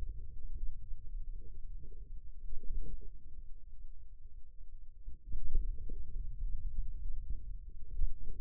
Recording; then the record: forearm muscle sounds (acoustic myography)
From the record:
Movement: hand opening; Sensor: system 2, bracelet of six BSWA MPA416 microphones around the upper forearm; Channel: 2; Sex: male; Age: 22 years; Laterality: right